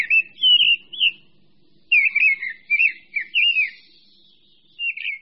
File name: Drozd-brávník